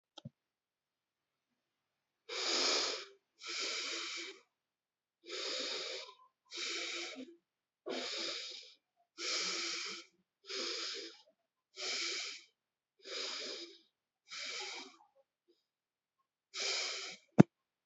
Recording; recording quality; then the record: shallow breathing; excellent, no background noise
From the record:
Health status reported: healthy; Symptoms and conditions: cough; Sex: male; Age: 30 years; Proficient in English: yes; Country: India